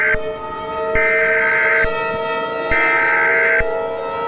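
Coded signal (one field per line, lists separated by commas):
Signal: Emergency Alert System (SAME) tones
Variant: header bursts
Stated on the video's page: Fictional EAS scenario about a long valley verneshot event.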